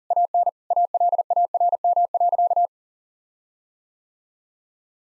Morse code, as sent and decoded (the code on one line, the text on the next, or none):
.- -. / .- .-.. .- .-. -- .-.-.-
AN ALARM.